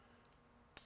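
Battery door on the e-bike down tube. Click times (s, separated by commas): 0.8 s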